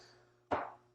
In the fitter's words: I've turned this top dial to clamp it down in such a way that you hear a click